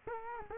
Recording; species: mosquito wingbeat signal from an infrared sensor; Culex quinquefasciatus